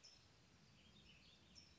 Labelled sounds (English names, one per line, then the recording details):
California Towhee
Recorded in Sonoma County, California